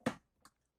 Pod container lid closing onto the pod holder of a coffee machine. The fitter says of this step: And you'll hear a snap.